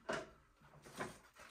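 A fresh water tank is set into place on top of a Tesvor R5 wet-dry vacuum cleaner, and the plastic tank seats with a single sharp knock at 0.1 s. A softer knock follows around 1.0 s.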